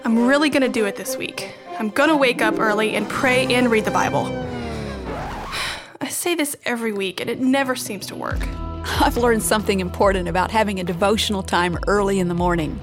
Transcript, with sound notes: I’m really going to do it this week. I’m going to wake up early and pray and read the Bible. (Sigh) I say this every week, and it never seems to work.
I’ve learned something important about having a devotional time early in the morning.